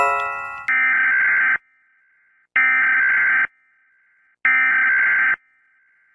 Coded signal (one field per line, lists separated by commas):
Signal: Emergency Alert System (SAME) tones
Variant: header bursts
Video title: Vigeopu #country#eas